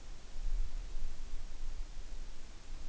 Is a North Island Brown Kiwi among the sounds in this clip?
no